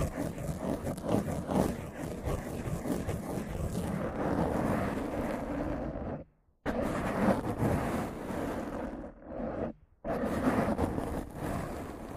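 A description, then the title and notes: Rough microphone scratching and brushing fills the clip with a dense, grainy rasp, mostly low and mid-toned with frequent quick strokes. The noise drops out completely around six seconds and again near ten seconds, dips briefly near nine, then resumes just as rough. Rough Mic Scratching & Brushing (No Talking).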